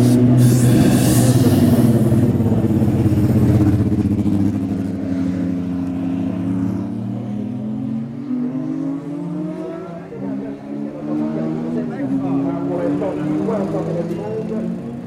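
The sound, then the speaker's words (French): A race car engine roars loudly as it starts, settles into a rumbling idle, then climbs steadily in pitch as the car accelerates out of the pits, its harmonic drone continuing throughout. “mise en route et départ d'une voiture”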